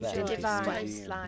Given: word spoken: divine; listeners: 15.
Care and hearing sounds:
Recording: one English word in noise, from a listening test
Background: four-talker babble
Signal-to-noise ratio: 0.6 dB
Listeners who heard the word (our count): 3 of 15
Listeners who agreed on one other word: 7 of 15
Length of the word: 0.88 s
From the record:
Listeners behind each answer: 7, 3, 3, 2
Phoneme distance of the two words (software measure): 10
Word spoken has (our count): 2 syllables, 5 phonemes, stress on syllable 2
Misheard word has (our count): 2 syllables, 5 phonemes, stress on syllable 2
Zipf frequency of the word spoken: 3.92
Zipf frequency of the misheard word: 4.05

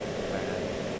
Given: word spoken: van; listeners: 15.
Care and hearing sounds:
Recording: one English word in noise, from a listening test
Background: speech-shaped noise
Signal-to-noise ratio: -6.2 dB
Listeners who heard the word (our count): 0 of 15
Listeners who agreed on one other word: 8 of 15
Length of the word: 0.59 s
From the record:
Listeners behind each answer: 8, 3, 2, 1, 1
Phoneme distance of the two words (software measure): 10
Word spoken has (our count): 1 syllable, 3 phonemes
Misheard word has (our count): 1 syllable, 3 phonemes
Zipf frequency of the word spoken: 4.69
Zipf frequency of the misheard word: 5.86

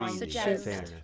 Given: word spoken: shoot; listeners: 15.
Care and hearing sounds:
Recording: one English word in noise, from a listening test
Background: four-talker babble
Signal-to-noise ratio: -2.2 dB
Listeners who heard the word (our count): 0 of 15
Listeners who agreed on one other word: 13 of 15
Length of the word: 0.64 s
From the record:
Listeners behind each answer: 13, 1, 1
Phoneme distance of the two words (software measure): 41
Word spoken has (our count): 1 syllable, 3 phonemes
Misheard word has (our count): 2 syllables, 6 phonemes, stress on syllable 2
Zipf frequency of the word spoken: 4.53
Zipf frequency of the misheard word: 4.63

